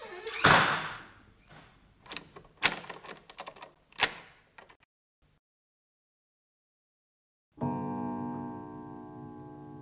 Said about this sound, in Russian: Да, закрывайте двери